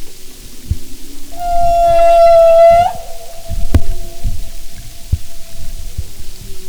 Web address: Marine Mammals humpback